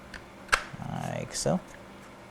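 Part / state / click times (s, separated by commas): 3D-printed case top into case base / not seated / none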